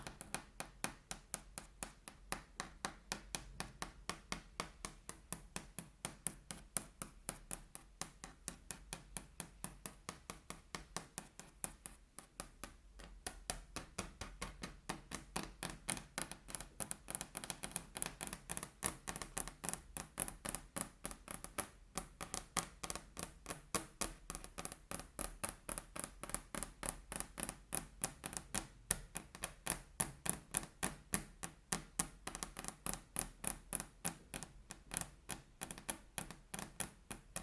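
Fingers or knuckles tap on a table in a quick, fairly regular stream of sharp knocks, several per second, lasting the whole stretch. The pace thins briefly near twelve seconds, then picks up again and grows denser and louder through the second half.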